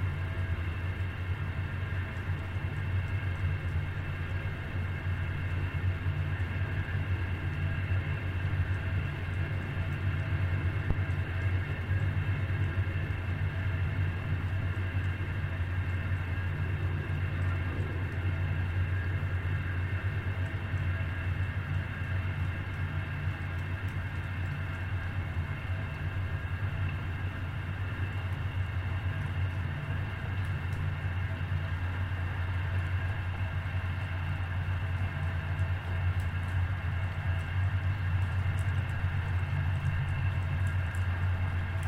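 A recording played through a transducer and an antique gasoline can gives a steady, droning rumble with a strong low hum and ringing metallic overtones throughout.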